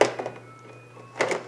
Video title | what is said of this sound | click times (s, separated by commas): Irobot Roomba i7+ review | And you should hear a snap. There. | 0.0 s